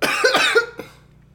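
A quick run of about four harsh, forceful cough bursts from an adult man, packed into under a second, then fading into quiet room tone. It is a brief coughing fit with a slightly throat-clearing quality.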